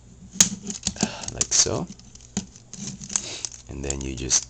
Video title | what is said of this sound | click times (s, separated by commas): Transformers ROTF Sideswipe | that there's a notch here and tabs here that you just clip on like so | 0.4 s